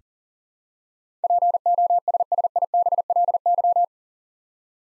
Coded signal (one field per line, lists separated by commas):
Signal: Morse code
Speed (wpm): 40 wpm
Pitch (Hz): 700 Hz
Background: none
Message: POSSIBLY